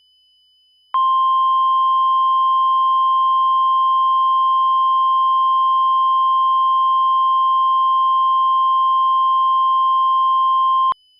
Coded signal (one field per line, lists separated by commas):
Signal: Emergency Alert System (SAME) tones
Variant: 1050 Hz attention tone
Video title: EAS Mock: Random TOR